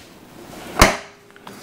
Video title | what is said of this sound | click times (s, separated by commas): Black Friday Deal $23 (Gorilla Ladders 47 in x 12 in x 20 in Aluminum Slim Fold Work Platform) | locks into place | 0.8 s